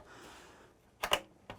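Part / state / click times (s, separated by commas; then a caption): DDR4 memory stick into motherboard DIMM slot / seated / 1.0 s, 1.1 s. A second DDR4 memory stick is pressed with even pressure into its DIMM slot on a Lenovo IdeaCentre 5i motherboard, giving sharp latch clicks at 1.0 s and 1.1 s after a quiet stretch, then a fainter tick at 1.5 s. The stick is seated, with both sticks confirmed clicked in.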